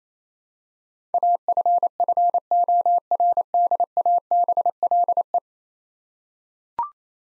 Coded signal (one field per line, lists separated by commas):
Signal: Morse code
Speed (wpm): 28 wpm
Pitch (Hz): 700 Hz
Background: none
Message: AFFORDABLE